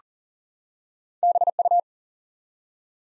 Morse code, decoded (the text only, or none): BU